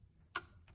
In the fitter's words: and you can go as far as removing and replacing it until you hear it click